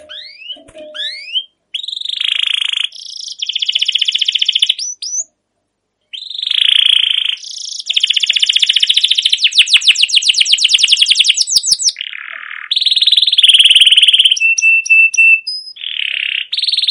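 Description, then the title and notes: Canary singing varied phrases: rising slurs, buzzy trills, fast rattling runs and short repeated whistled pips, with brief gaps. Long continuous chirping canary song, used as a lure to prompt young canaries to sing and learn. "CUIT CUIT NGEROL LANGSUNG GACOR PANJANG Kenari Ini Utk Pancingan KENARI PAUD BELAJAR BUNYI. burung kenari"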